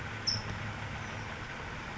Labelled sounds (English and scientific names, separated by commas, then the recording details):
California Towhee (Melozone crissalis)
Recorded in Sonoma County, California